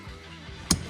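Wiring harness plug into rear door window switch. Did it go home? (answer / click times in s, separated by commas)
yes / 0.7 s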